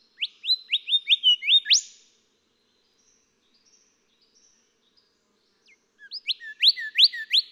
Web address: songs Golden Whistler